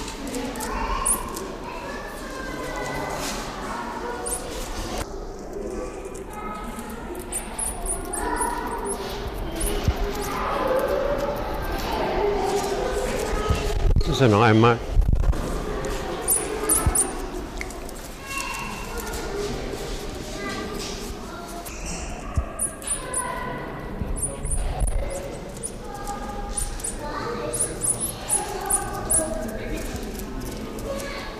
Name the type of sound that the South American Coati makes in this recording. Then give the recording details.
call. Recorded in captivity. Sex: pair. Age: adult. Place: Zoo Halle, Sachsen-Anhalt, DE. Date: 1995-04-09 15:23. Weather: cloudy, ca. 10°C. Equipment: Marantz CP 430, Sennheiser ME 80, Kopie Uher 4000 Report Monitor. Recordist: Tembrock, Günter. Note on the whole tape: Südamerikanischer Nasenbär: Helle Laute, umherlaufend, am Gitter. Entfernung 20 cm